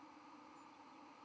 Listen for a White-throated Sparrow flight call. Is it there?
no